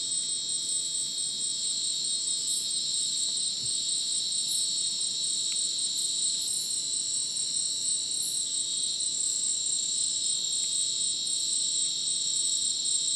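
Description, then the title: Dense cricket chorus of high continuous trills, with brief pulses scattered over the steady drone. Dense insect chorus likened to a polyrhythmic electronic concert, after sunset in dense rainforest, Madidi National Park, Ucumari, Bolivia; very high insect density; AT BP4029 microphone, MixPre 6 recorder. "Madidi National Park, Ucumari, Bolivia - Supersonic Crickets in the rainforest"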